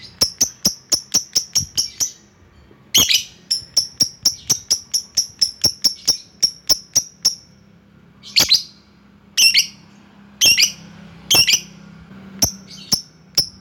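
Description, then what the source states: Lovebird calls, a rapid, steady train of clipped high chirps, then louder, harsher squawks spaced about a second apart. Lovebird calling a rival.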